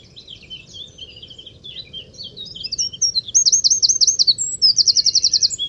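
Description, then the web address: Bird song of high twittering notes building into fast trilled phrases near the end, with a low steady background hum. "Deverinetal 2025 File origin Bird Only"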